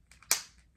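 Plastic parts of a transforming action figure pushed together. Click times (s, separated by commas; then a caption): 0.3 s. Two plastic parts of a Transformers action figure are gently pushed together during transformation, with faint plastic rustling before a single loud, sharp click at 0.3 seconds. The click shows the parts have snapped into place.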